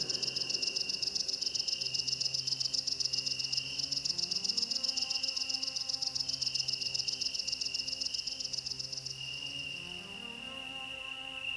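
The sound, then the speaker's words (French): A great green bush-cricket stridulates in a continuous, high-pitched buzzing trill that holds steady throughout and softens slightly near the end, with a faint low hum beneath. “Une grande sauterelle verte.”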